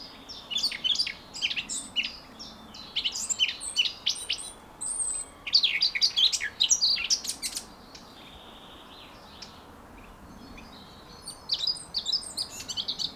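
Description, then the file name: Eurasian blackcap song: rapid, varied warbling phrases in bursts, a pause of several seconds, then the warble resumes near the end. "Sylvia atricapilla"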